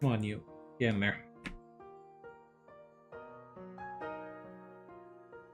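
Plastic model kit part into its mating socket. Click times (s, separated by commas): 1.5 s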